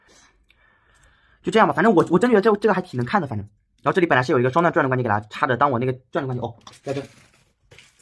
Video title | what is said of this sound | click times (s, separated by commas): KO海洋堂雷电修复教程 KO Kaiyodo Revoltech Metal Gear Solid Raiden Repair Tutorial | 那个转转关.键他插不进.去不知道啥情况呢.这个地方小了得.扩孔 | none